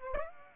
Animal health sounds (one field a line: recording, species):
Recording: mosquito wingbeat signal from an infrared sensor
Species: Aedes aegypti